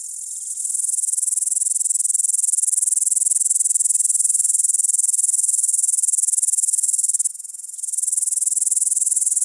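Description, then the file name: Upland green bush-cricket singing a long, steady, high buzzy trill with fast regular pulses, dipping briefly in loudness before resuming. "Upland Green Bush cricket Tettigonia cantans"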